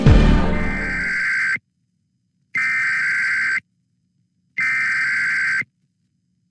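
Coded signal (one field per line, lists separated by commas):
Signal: Emergency Alert System (SAME) tones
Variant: header bursts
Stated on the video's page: Sunday morning weekly tests.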